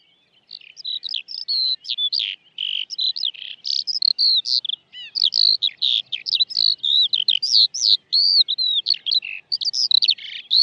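Eurasian skylark song, a rapid stream of high, varied chirps, trills and slurred whistles in short bursts separated by brief gaps.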